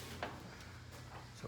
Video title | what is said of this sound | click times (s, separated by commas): How to test a Maytag Lid Lock ; Testing and Replacement - Quick and Easy!! | push and right you hear that snap | 0.2 s